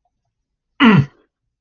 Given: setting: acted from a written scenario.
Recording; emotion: vocal sound without words; triumph